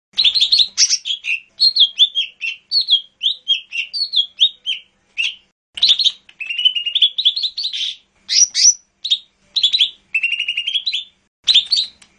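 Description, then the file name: Lesser green leafbird singing a continuous, varied stream of quick whistles, slurred chirps and buzzy chatter, phrases running together with only brief pauses over the whole stretch. "audio cucak hijau mini. omkicau"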